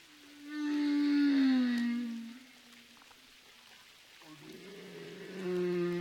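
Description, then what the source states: Humpback whale song: a long moaning tone sliding slowly downward, a pause, then a lower moan with a higher, wavering tone above it. Sung by a male; heard underwater while diving with mother, calf and male escort off Roca Partida, Baja California Sur, Mexico, in mating and calving season; songs region-wide, changing yearly, 6–15 minutes long.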